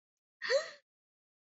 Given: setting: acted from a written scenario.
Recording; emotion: vocal sound without words; negative surprise